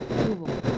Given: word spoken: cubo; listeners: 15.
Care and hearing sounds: one Spanish word in noise, from a listening test; noise modulated by three-talker babble; -3.6 dB; 5 of 15; 7 of 15; 0.38 s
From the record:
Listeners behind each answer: 7, 5, 2, 1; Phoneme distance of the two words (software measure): 10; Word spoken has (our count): 2 syllables, 4 phonemes, stress on syllable 1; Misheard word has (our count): 2 syllables, 4 phonemes, stress on syllable 1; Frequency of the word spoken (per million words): 5.40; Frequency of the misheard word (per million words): 232.63

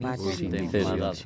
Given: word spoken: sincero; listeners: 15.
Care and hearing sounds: one Spanish word in noise, from a listening test; four-talker babble; -1.6 dB; 0 of 15; 6 of 15; 0.86 s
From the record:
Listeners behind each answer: 6, 1, 1, 1, 1, 1, 1, 1, 1, 1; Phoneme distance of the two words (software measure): 71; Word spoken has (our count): 3 syllables, 7 phonemes, stress on syllable 2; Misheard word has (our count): 4 syllables, 8 phonemes, stress on syllable 3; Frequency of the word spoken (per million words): 8.51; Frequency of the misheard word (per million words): 2.66

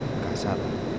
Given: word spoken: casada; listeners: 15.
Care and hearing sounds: one Spanish word in noise, from a listening test; speech-shaped noise; -4.9 dB; 3 of 15; 9 of 15; 0.59 s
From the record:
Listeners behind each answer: 9, 3, 2, 1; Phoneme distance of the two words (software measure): 10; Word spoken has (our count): 3 syllables, 6 phonemes, stress on syllable 2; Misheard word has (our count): 3 syllables, 6 phonemes, stress on syllable 2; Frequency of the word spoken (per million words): 10.99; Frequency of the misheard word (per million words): 21.95

